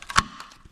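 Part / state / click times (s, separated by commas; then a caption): plastic retaining clip onto fuel line connector / seated / 0.2 s. A replacement plastic retaining clip made by Dorman is pressed back onto the fuel line connector during a fuel pump replacement on a 2015–2019 Chevy Tahoe / GMC Yukon. Two small ticks at 0.0 and 0.1 seconds lead into a sharp, bright snap at 0.2 seconds, followed by faint low handling noise. The clip snaps in and is seated.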